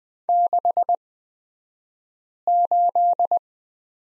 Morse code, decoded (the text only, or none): 68